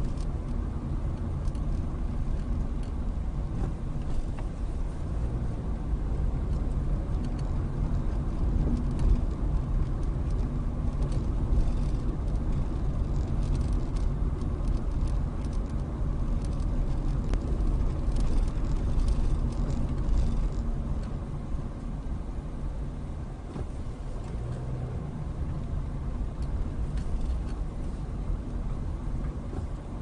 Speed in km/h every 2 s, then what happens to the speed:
23, 18, 23, 26, 26, 26, 26, 26, 26, 24, 19, 15, 16, 19, 18.
3-6 speeds up to 26. 6-17 steady at about 26. 17-21 slows to 15. 21-30 steady at about 16.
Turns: 20-25.